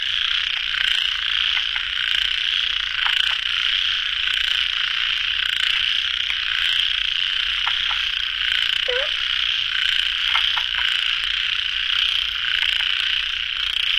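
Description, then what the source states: Frogs calling in a long, constant buzzy chorus with scattered clicks and one brief lower squeak midway. Frogs calling at a pond late at night; recorded in the field by the recordist.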